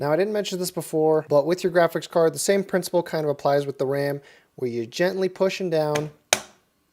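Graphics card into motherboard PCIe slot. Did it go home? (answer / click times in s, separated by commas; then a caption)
yes / 6.3 s. A graphics card is pushed down gently into a motherboard PCIe slot while someone talks. The card's latch snaps into place with a sharp click at 6.3 s, and the card is seated.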